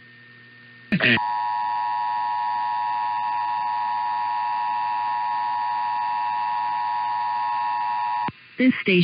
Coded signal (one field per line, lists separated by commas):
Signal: Emergency Alert System (SAME) tones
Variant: 853 and 960 Hz attention tone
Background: speech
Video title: EAS #31-34 - Illinois and Hawaii Monthly Tests (1/2/24)